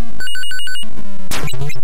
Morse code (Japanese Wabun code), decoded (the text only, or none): none